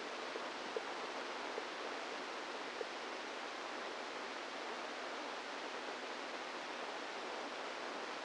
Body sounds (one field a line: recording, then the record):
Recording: brain microelectrode recording played as sound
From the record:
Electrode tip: inside the subthalamic nucleus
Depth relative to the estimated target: -3 mm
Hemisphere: right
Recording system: NeuroSet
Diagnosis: Parkinson's disease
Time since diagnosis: 10 years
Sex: female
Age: 45 years